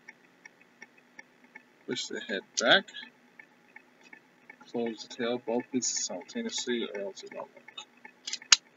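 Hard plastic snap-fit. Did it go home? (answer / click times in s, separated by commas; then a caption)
yes / 8.5 s. A part of a plastic toy robot is pulled forward during transformation until it snaps into its locked position. Someone talks over a steady clock ticking in the background, and a single loud, sharp click at 8.5 s marks the part seating.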